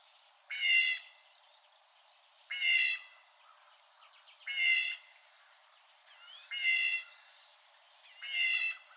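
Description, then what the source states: Blue jay repeating five loud, grating calls about every two seconds, with quieter scratchy notes in between the harsh squawks. Raspy calls.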